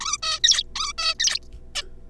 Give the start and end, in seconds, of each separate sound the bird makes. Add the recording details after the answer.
0.01-0.18, 0.23-0.40, 0.44-0.63, 0.76-0.93, 0.98-1.14, 1.20-1.39, 1.75-1.82. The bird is a juvenile. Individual R3549